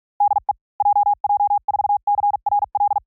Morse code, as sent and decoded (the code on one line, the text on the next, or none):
-.. . / .--- .--- ....- -.-. .-. .-..
DE JJ4CRL